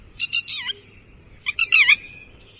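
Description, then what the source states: Lapwing calls: two bursts of shrill, quickly repeated notes, each ending in a falling slur. Little lapwing; call rendered as 'did I do it?'.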